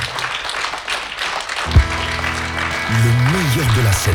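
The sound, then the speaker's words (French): An audience at a live blues concert at the Blues Café claps steadily in a dense wash of applause as the performers leave the stage. After a low thump, sustained pitched notes with sliding bends sound over the continuing crowd noise. “Bravo, on vous laisse rejoindre la scène du Blues Café sous les applaudissements du public.”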